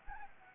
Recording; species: mosquito wingbeat signal from an infrared sensor; Anopheles gambiae